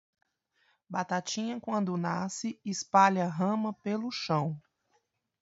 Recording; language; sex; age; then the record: short text; Brazilian Portuguese; female; 30 to 39 years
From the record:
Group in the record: control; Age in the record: 37 years